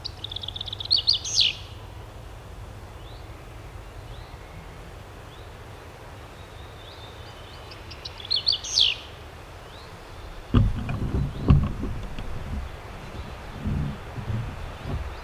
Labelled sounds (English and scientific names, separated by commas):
Common Chaffinch (Fringilla coelebs)